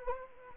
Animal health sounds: mosquito wingbeat signal from an infrared sensor; Anopheles gambiae

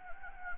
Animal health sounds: mosquito wingbeat signal from an infrared sensor; Anopheles gambiae

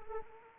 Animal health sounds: mosquito wingbeat signal from an infrared sensor; Anopheles arabiensis

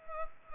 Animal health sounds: mosquito wingbeat signal from an infrared sensor; Culex pipiens

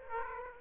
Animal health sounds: mosquito wingbeat signal from an infrared sensor; Aedes aegypti

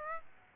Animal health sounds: mosquito wingbeat signal from an infrared sensor; Aedes aegypti

